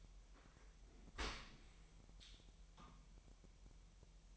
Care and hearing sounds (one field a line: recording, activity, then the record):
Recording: daily activity, microphone in the room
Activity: open dishwasher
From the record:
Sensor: 1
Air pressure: 1000.4 hPa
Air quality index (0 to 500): 247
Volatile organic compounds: 141 ppm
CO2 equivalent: 3980 ppm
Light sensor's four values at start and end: 11/27/11/12 and 11/27/11/12